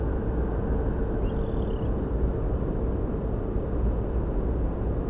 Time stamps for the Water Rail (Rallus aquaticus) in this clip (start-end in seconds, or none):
1.21-1.87